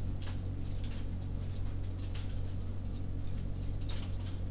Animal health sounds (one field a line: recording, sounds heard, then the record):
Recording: poultry house recording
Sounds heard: no chicken sound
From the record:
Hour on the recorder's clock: 22